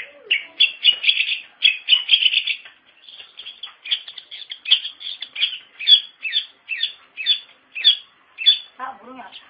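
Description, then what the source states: Long-tailed shrike song, a dense run of harsh, scratchy notes with brief squeaks, ending in a few low, wavering whistles. Indonesian local name pentet; labelled 201703.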